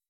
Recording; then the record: hydrophone in a shrimp aquaculture tank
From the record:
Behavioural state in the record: weakened